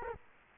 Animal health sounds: mosquito wingbeat signal from an infrared sensor; Culex quinquefasciatus

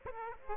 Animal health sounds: mosquito wingbeat signal from an infrared sensor; Aedes aegypti

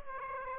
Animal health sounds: mosquito wingbeat signal from an infrared sensor; Aedes aegypti

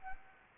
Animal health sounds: mosquito wingbeat signal from an infrared sensor; Anopheles gambiae

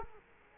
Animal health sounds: mosquito wingbeat signal from an infrared sensor; Culex quinquefasciatus

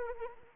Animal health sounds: mosquito wingbeat signal from an infrared sensor; Anopheles arabiensis

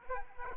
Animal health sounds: mosquito wingbeat signal from an infrared sensor; Aedes aegypti

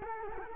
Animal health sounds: mosquito wingbeat signal from an infrared sensor; Culex quinquefasciatus

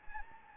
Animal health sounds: mosquito wingbeat signal from an infrared sensor; Anopheles gambiae

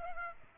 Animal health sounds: mosquito wingbeat signal from an infrared sensor; Aedes aegypti

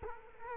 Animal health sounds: mosquito wingbeat signal from an infrared sensor; Culex quinquefasciatus

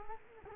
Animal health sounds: mosquito wingbeat signal from an infrared sensor; Culex quinquefasciatus

